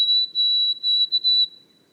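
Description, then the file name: White-throated sparrow whistles: a high, pure note with a few brief breaks, fading out after about one and a half seconds. Recorded in the boreal forest of Haute-Côte-Nord on 29 May 2018. "bruant-a-gorge-blanche-foret-boreale-de-la-haute-cote-nord-29-mai-2018"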